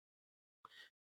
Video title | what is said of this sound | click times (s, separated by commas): Victorinox Hunter, la del ciervo, sus Variantes, Revisión, Análisis, valoración en colección y uso. | we can open it, lock at 90 degrees, we open it and hear the click of the Liner lock with the legend "press" to open it. | 0.6 s